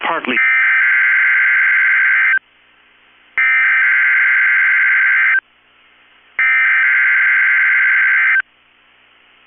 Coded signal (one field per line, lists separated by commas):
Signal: Emergency Alert System (SAME) tones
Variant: header bursts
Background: speech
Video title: 4/20/23 - Minnesota & Wisconsin Afternoon Statewide Tornado Drill on KEC65 (EAS #761)